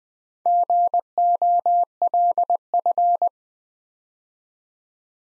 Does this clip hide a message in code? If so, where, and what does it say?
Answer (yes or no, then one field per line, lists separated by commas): yes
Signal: Morse code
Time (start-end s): 0.5-3.3 s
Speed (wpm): 20 wpm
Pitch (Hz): 700 Hz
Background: none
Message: GOLF